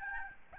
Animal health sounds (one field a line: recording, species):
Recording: mosquito wingbeat signal from an infrared sensor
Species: Aedes albopictus